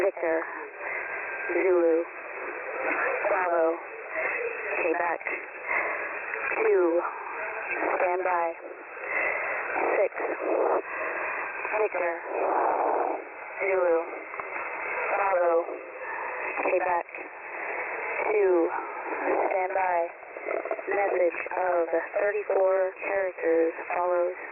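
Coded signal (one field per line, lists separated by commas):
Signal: coded military voice message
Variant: HFGCS EAM, callsign Payback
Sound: male radio voice reading phonetic callsigns, numbers, 'standby', then 'message of 34 characters follows'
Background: radio static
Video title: HFGCS LIVESTREAM 240515H ※ SKYMASTER COMMENTARY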